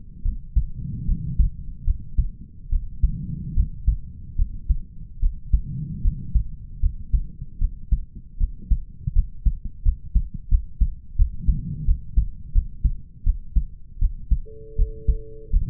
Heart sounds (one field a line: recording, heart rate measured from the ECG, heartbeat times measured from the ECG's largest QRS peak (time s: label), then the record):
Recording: heart sounds by stethoscope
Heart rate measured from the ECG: 79 bpm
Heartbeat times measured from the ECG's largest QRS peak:
0.23 s: heartbeat
1.06 s: heartbeat
1.85 s: heartbeat
2.70 s: heartbeat
3.54 s: heartbeat
4.36 s: heartbeat
5.20 s: heartbeat
6.02 s: heartbeat
6.81 s: heartbeat
7.59 s: heartbeat
8.38 s: heartbeat
9.13 s: heartbeat
9.83 s: heartbeat
10.49 s: heartbeat
11.16 s: heartbeat
11.86 s: heartbeat
12.53 s: heartbeat
13.24 s: heartbeat
13.99 s: heartbeat
14.76 s: heartbeat
15.51 s: heartbeat
From the record:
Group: healthy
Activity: rest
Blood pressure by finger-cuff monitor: 99/74 mmHg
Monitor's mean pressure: 83 mmHg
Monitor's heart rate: 77 bpm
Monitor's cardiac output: 5.5 L/min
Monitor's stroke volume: 71 mL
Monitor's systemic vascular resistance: 1070 dyn s/cm5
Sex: male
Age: 20 years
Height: 187 cm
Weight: 68.9 kg